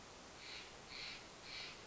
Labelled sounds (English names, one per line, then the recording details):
Steller's Jay
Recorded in Sonoma County, California